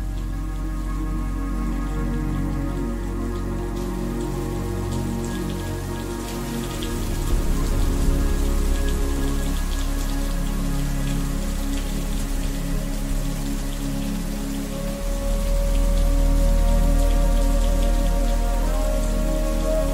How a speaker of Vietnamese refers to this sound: Mặc cho bên ngoài trời vừa tạnh lại đổ cơn mưa